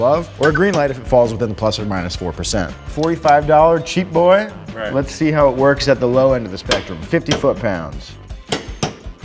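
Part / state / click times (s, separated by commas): click-type torque wrench on a torque tester / torque reached / 8.5 s, 8.8 s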